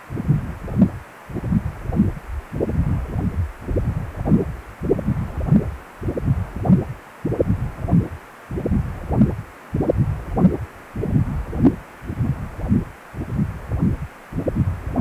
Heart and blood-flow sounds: Doppler ultrasound of blood flow; precordium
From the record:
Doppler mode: continuous wave and pulsed wave in the uncut recording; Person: healthy adult, 18 to 50 years, no heart murmur, not diving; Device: 2.5 MHz transducer

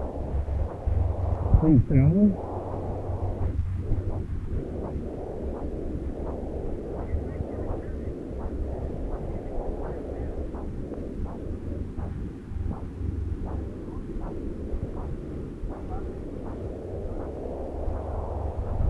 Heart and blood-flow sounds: Doppler ultrasound of blood flow; left subclavian vein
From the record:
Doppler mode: continuous wave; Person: adult scuba diver, at rest before a dive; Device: O'Dive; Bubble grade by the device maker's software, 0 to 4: 0

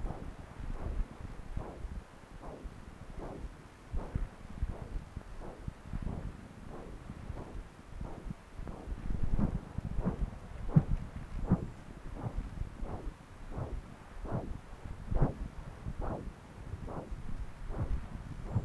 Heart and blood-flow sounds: Doppler ultrasound of blood flow; left subclavian vein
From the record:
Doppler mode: continuous wave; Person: adult scuba diver, at rest before a dive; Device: O'Dive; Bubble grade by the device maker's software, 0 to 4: 0

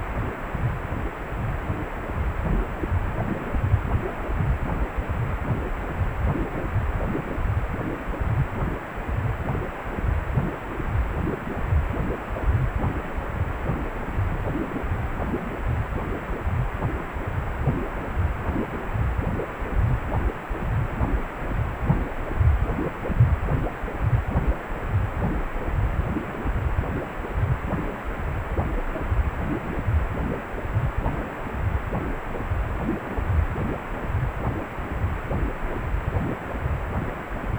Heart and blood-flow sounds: Doppler ultrasound of blood flow; precordium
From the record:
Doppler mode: pulsed wave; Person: healthy adult, 18 to 50 years, no heart murmur, not diving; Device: 2.5 MHz transducer

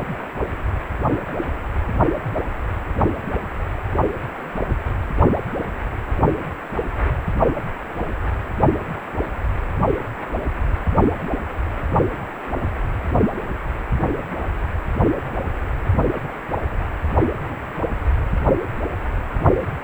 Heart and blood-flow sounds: Doppler ultrasound of blood flow; precordium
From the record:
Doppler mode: pulsed wave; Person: healthy adult, 18 to 50 years, no heart murmur, not diving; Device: 2.5 MHz transducer

